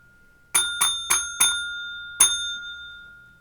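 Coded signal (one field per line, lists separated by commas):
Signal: bell signal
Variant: railway block bell code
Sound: four quick ringing bell strikes, a short pause, then one more strike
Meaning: Is line clear for a class seven train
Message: 4-1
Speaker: a class seven train is a four pause one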